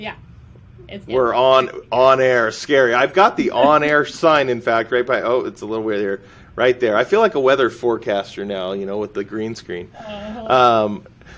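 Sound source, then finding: Adult man speaking. Typical speech.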